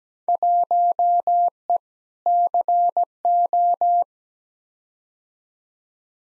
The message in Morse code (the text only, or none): 1E CO